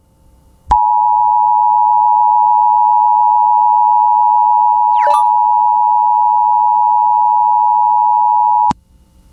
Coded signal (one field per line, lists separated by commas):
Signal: Emergency Alert System (SAME) tones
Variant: 853 and 960 Hz attention tone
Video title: (EAS #44) Alabama + Florida + Georgia TORNADO WATCH on KALT-FM